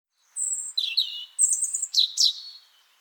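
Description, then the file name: European robin, a short run of high, thin, tinkling notes with quick downward slurs, all within about two and a half seconds. "Erithacus rubecula"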